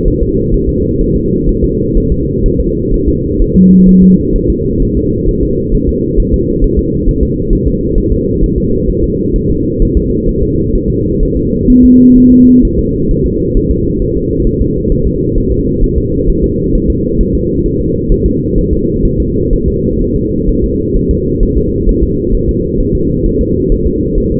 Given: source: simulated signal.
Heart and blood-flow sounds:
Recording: fetal heart sounds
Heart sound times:
0.08 s: S1
0.22 s: S2
0.54 s: S1
0.69 s: S2
1.01 s: S1
1.16 s: S2
1.49 s: S1
1.64 s: S2
1.97 s: S1
2.12 s: S2
2.46 s: S1
2.60 s: S2
2.94 s: S1
3.09 s: S2
3.42 s: S1
3.56 s: S2
3.89 s: S1
4.03 s: S2
4.36 s: S1
4.50 s: S2
4.82 s: S1
4.97 s: S2
5.29 s: S1
5.43 s: S2
5.75 s: S1
5.89 s: S2
6.20 s: S1
6.34 s: S2
6.64 s: S1
6.79 s: S2
7.09 s: S1
7.23 s: S2
7.53 s: S1
7.68 s: S2
7.98 s: S1
8.12 s: S2
8.44 s: S1
8.58 s: S2
8.90 s: S1
9.04 s: S2
9.36 s: S1
9.50 s: S2
9.82 s: S1
9.97 s: S2
10.29 s: S1
10.43 s: S2
10.75 s: S1
10.90 s: S2
11.23 s: S1
11.37 s: S2
11.70 s: S1
11.85 s: S2
12.18 s: S1
12.32 s: S2
12.65 s: S1
12.79 s: S2
13.11 s: S1
13.26 s: S2
13.57 s: S1
13.71 s: S2
14.02 s: S1
14.16 s: S2
14.47 s: S1
14.61 s: S2
14.92 s: S1
15.07 s: S2
15.38 s: S1
15.52 s: S2
15.84 s: S1
15.98 s: S2
16.30 s: S1
16.44 s: S2
16.75 s: S1
16.90 s: S2
17.21 s: S1
17.35 s: S2
17.66 s: S1
17.81 s: S2
18.12 s: S1
18.26 s: S2
18.58 s: S1
18.73 s: S2
19.06 s: S1
19.20 s: S2
19.53 s: S1
19.68 s: S2
20.01 s: S1
20.16 s: S2
20.49 s: S1
20.64 s: S2
20.97 s: S1
21.11 s: S2
21.43 s: S1
21.57 s: S2
21.89 s: S1
22.03 s: S2
22.35 s: S1
22.49 s: S2
22.80 s: S1
22.95 s: S2
23.26 s: S1
23.41 s: S2
23.72 s: S1
23.87 s: S2
24.18 s: S1
24.32 s: S2
From the record:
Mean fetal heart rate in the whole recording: 130 bpm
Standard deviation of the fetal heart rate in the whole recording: 4 bpm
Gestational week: 38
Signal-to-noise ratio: -10.2 dB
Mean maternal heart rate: 72 bpm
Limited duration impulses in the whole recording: present

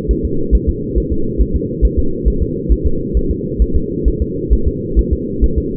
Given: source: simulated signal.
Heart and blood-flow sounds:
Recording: fetal heart sounds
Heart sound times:
0.11 s: S1
0.25 s: S2
0.55 s: S1
0.69 s: S2
0.98 s: S1
1.12 s: S2
1.42 s: S1
1.56 s: S2
1.85 s: S1
1.99 s: S2
2.28 s: S1
2.43 s: S2
2.72 s: S1
2.87 s: S2
3.17 s: S1
3.31 s: S2
3.62 s: S1
3.76 s: S2
4.08 s: S1
4.22 s: S2
4.53 s: S1
4.68 s: S2
4.99 s: S1
5.13 s: S2
5.44 s: S1
5.58 s: S2
From the record:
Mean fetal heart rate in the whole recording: 135 bpm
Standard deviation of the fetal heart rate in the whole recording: 3 bpm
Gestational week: 34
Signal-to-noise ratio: -8.1 dB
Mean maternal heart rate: 72 bpm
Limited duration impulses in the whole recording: absent

